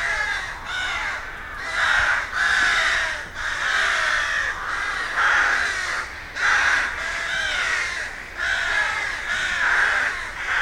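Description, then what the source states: Rooks giving loud, hoarse caws in a busy chorus, the bursts crowding together with only brief gaps between them. Rook colony, a rookery in a wood.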